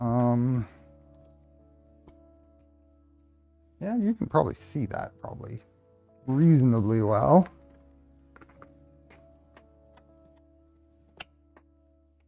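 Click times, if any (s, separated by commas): 11.2 s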